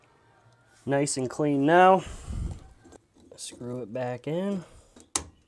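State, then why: Seated. A plastic drain pump filter cap on a Samsung washing machine is screwed back into the front pump housing after cleaning while someone talks. A sharp click at 5.2 s shows the cap has seated and is secure.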